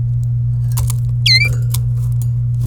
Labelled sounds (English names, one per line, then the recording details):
Domestic Canary song
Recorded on 26 April 2018 at 14:55
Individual llb3